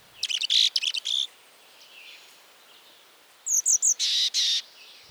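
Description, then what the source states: Mexican Chickadee gives two bursts of calls: short high chips run into hoarse, buzzy notes, with a quiet pause between the bursts and faint background hiss. Range just reaches the mountains of southeast Arizona.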